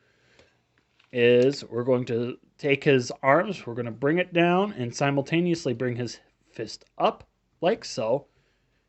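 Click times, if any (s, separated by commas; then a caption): none. Someone talks while transforming a plastic Transformers action figure, bringing its arm down toward the shoulder/body joint and its fist up at the same time. The arm has not clicked or seated into place yet by the end of the clip.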